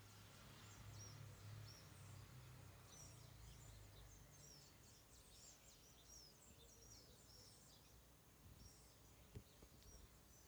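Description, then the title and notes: Dawn chorus of birds, with many quick high chirps and short whistled notes overlapping throughout, over a steady low rumble. Birds singing at dawn, 3 June 2017 at 05:50, Bahia, Brazil, at 12°36'S 38°57'W; recorded in mono on a mobile phone. "Pássaros cantando ao amanhecer. Data: 03/06/2017 Horário: 05:50. Barbara Felix"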